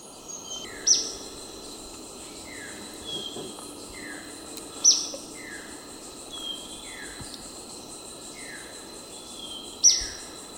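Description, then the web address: Ornate flycatcher delivering three crisp, high-pitched notes roughly four to five seconds apart, accompanied by regularly repeated falling whistles and a persistent insect drone. Recorded in Ecuador. "Birds of Ecuador. Ornate Flycatcher"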